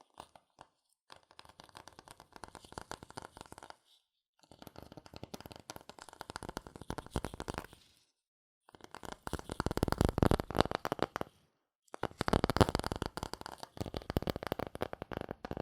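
Fast tapping, scratching and tracing on cardboard and paper, coming in four bursts separated by short silences around 4, 8 and 11.5 seconds. The strokes are dense and rapid, with a dry, papery rustle. The later two bursts are noticeably louder and brighter.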